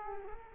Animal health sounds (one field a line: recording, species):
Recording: mosquito wingbeat signal from an infrared sensor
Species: Culex quinquefasciatus